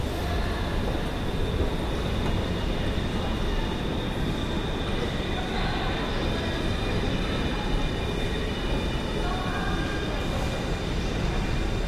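A tramcar rumbles steadily through the tunnel, a dense low roar with faint squealing tones above it throughout, without pause.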